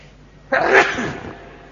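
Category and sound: human body sound, sneeze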